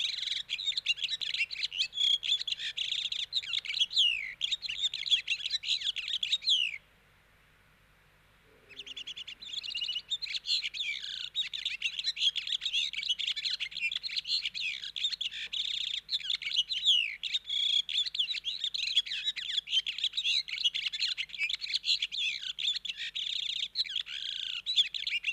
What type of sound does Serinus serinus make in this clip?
song